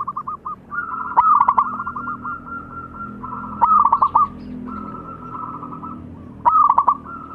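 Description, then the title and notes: Zebra dove song of sharp clustered coo notes alternating with drawn-out purring trills, with phrases every two to three seconds. Long-duration lure recording of a zebra dove singing prolifically (described as gacor). "Pancingan Perkutut Durasi Panjang. Suara Burung Perkutut Gacor"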